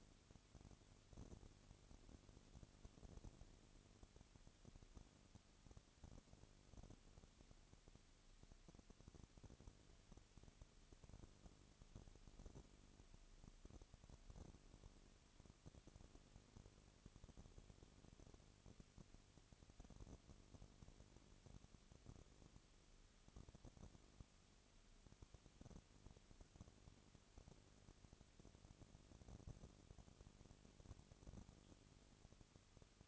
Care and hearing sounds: daily activity, microphone in the room; no activity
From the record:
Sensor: 4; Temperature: 22.3 degrees Celsius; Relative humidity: 32.7%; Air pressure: 1001.9 hPa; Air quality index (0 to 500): 185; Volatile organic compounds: 4 ppm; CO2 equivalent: 1631 ppm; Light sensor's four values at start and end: 2/3/1/1 and 2/3/1/1

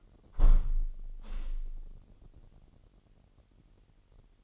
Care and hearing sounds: daily activity, microphone in the room; close window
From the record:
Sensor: 4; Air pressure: 998.7 hPa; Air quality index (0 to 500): 118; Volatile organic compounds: 2 ppm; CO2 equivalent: 1161 ppm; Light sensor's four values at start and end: 9/23/9/10 and 9/23/9/10

